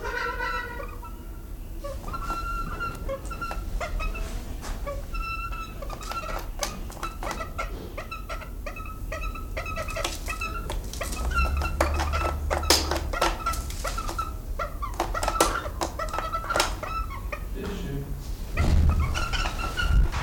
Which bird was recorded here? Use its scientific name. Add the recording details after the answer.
Penelopides panini. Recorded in captivity. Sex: female. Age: adult. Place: Zoo Berlin, Berlin, DE. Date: 1996-03-23 11:45. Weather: heiter, 4°C. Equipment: Sony WM-D6C, Sennheiser ME 80, Kopie Uher 4000 Report Monitor. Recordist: Tembrock, Günter